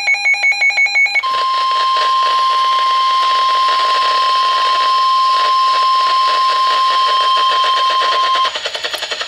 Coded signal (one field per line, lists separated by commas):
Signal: Emergency Alert System (SAME) tones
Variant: 1050 Hz attention tone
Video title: Severe Thunderstorm Warning [EAS #26] 6-29-12 12:34 AM EDT